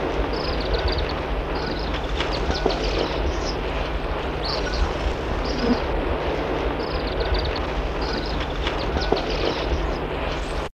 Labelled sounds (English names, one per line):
African Palm Swift call